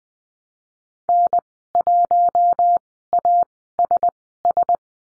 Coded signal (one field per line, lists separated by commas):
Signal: Morse code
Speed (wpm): 20 wpm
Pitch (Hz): 700 Hz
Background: none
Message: N1ASS